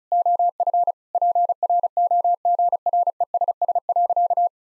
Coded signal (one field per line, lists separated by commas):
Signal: Morse code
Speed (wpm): 36 wpm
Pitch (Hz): 700 Hz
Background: none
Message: OF PROGRESS.